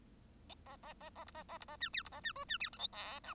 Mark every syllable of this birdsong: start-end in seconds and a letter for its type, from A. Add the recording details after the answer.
0.66-0.76 A, 0.82-0.93 A, 1.00-1.09 A, 1.15-1.24 A, 1.26-1.31 B, 1.34-1.43 A, 1.48-1.58 A, 1.60-1.65 B, 1.68-1.76 A, 1.80-1.89 C, 1.93-2.02 D, 2.05-2.09 B, 2.12-2.21 A, 2.23-2.32 C, 2.35-2.44 E, 2.48-2.58 C, 2.60-2.69 D, 2.73-2.79 F, 2.79-2.88 G, 2.92-3.20 H, 3.23-3.34 I. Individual Bird1